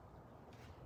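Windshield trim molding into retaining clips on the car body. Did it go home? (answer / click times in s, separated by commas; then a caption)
no / none. Vertical windshield trim molding on a Fox Body Mustang is handled and pressed toward its retaining clips around the windshield. A steady low rumble and broadband noise fill the clip with no distinct snap. Nothing has seated or clicked yet.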